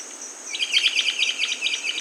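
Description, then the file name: Rondonia bushbird chatter: brisk, evenly paced sharp notes in a quick series, set against a continuous high-pitched insect chorus. "Rondônia-bushbird"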